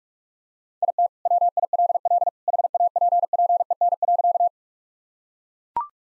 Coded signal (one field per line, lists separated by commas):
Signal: Morse code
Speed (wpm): 43 wpm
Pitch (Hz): 700 Hz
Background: none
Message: IT WILL HAPPEN.